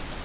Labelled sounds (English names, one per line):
Grace's Warbler flight call